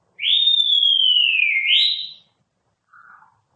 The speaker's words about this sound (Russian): Посмотри, кто там свистит. Это какой-то мальчик бежит сюда.